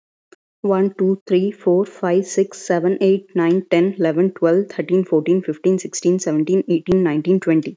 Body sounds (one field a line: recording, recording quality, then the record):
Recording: counting at a fast pace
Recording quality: excellent, no background noise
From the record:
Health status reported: healthy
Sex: female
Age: 25 years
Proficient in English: no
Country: India